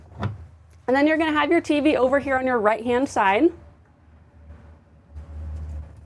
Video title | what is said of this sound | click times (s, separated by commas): 2025 Cimarron Norstar 4 Horse Living Quarters By Outlaw Conversions With Air Ride | Obviously does lock into place. | 0.2 s